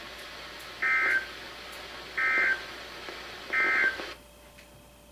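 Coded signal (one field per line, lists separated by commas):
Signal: Emergency Alert System (SAME) tones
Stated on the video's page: NOAA Weather Radio flood warnings from the Sterling, VA office on 162.550, 162.475 and 162.450 MHz, received on RadioShack, Sangean, Midland, Maxon and Reecom weather radios.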